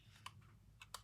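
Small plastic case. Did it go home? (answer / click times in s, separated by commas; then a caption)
yes / 0.9 s. The top half of a plastic VW car key fob shell, during a button replacement, is clipped onto its bottom half and pressed until it snaps into place. Light clicks come at 0.3 s and 0.8 s, then a sharper snap at 0.9 s as the case seats shut over a low steady hum.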